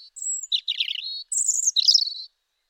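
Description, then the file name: European robin song: two phrases, each opening with a thin high whistle that drops into a rapid jumble of tinkling, warbling notes. "Erithacus rubecula"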